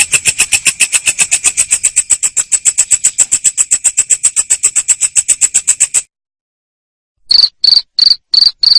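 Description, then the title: Cricket sounds: a shrill rapid pulsed trill for six seconds, a short silence, then slower high buzzy chirps resume. Loud cricket chirping ('ngerik') played to make lovebirds keep singing ('ngekek'). "Suara JANGKRIK NGERIK Keras Bikin LOVEBIRD Jadi NGEKEK Terus Vubey"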